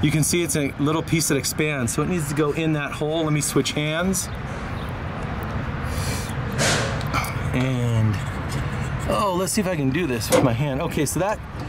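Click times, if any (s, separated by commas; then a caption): none. A small expanding plastic tailgate handle rod clip is positioned at its hole in the tailgate latch of a 2007 Chevrolet Silverado while someone talks and switches hands. Speech runs over a steady background hum with handling noise. Nothing has seated or clicked yet; the clip is only lined up.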